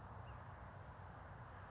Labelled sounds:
California Towhee (Melozone crissalis)

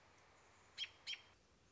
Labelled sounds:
American Robin (Turdus migratorius)

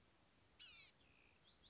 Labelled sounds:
Blue-gray Gnatcatcher (Polioptila caerulea)

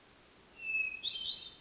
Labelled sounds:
Hermit Thrush (Catharus guttatus)

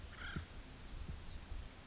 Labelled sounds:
Acorn Woodpecker (Melanerpes formicivorus)

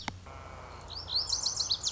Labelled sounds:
Lazuli Bunting (Passerina amoena)

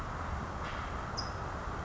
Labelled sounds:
California Towhee (Melozone crissalis)

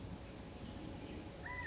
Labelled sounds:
California Quail (Callipepla californica)

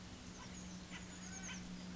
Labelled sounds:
Chestnut-backed Chickadee (Poecile rufescens)

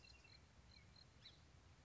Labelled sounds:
Song Sparrow (Melospiza melodia)

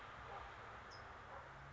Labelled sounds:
California Towhee (Melozone crissalis)

